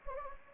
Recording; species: mosquito wingbeat signal from an infrared sensor; Anopheles gambiae